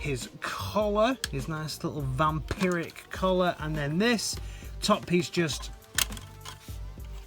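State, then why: Seated. Someone talks while moving the plastic top piece of the collar on an X-Transbots Master Series MX-II-T Andras Swarm Leader transforming robot toy figure upward in a small movement. The piece clicks sharply into place at 6.0 s, followed by a couple of faint plastic ticks, and it is seated.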